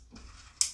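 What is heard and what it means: A plastic vent ring on an Audi S3/A3/RS3 air vent assembly is pulled back slightly on its plastic gears so the teeth line up, then pushed together again. After a quiet rustle from about 0.1 s, a sharp snap sounds at 0.6 s as the vent ring gear seats into place, and it now works perfectly.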